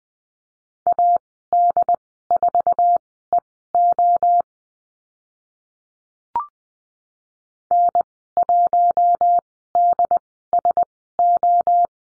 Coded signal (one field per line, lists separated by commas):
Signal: Morse code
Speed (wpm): 20 wpm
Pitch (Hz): 700 Hz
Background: none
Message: AD4EO N1DSO